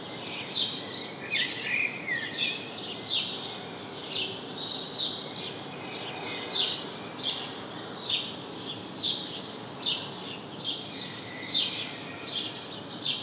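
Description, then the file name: House sparrow chirps, many clipped notes in an irregular string, with background hiss. "Passer domesticus"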